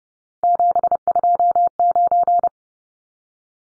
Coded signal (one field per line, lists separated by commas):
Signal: Morse code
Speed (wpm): 30 wpm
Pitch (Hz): 700 Hz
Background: none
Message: 729